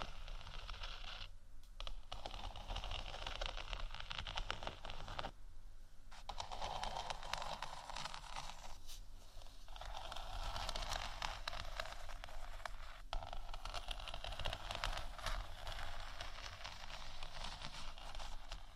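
Faux leather is scratched and tapped in a dense, continuous stream of fine, bright scratching that barely lets up. Brief gaps near 1.5, 5.5 and 9 seconds break the texture, and sharp taps punctuate it around 13 seconds. A steady low hum sits underneath throughout.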